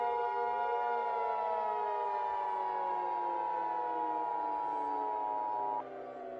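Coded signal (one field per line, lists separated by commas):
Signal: Emergency Alert System (SAME) tones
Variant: 853 and 960 Hz attention tone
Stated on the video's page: Fictional remastered EAS mini scenario of a nuclear plant radiological disaster, made with VoiceText Paul synthesized voice.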